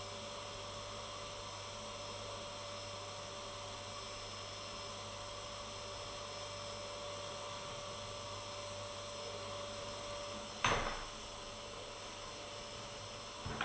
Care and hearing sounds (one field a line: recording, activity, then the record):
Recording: daily activity, microphone in the room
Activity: vacuum cleaning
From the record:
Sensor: 4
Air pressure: 1008.5 hPa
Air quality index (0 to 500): 62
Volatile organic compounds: 1 ppm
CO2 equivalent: 598 ppm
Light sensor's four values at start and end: 13/31/12/11 and 13/31/12/11